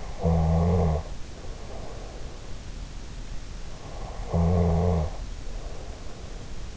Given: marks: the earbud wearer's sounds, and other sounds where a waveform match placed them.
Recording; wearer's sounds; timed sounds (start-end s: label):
sounds in sleep by an in-ear microphone; snoring breath
0.00-2.38 s: snoring breath
3.84-6.25 s: snoring breath